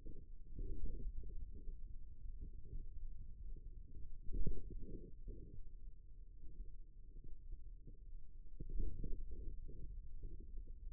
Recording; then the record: forearm muscle sounds (acoustic myography)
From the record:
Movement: ulnar deviation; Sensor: system 2, bracelet of six BSWA MPA416 microphones around the upper forearm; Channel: 3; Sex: male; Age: 22 years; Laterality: right